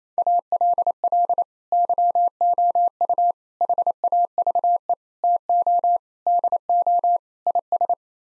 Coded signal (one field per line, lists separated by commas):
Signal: Morse code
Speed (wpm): 27 wpm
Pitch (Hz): 700 Hz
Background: none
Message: ALL YOU HAVE TO DO IS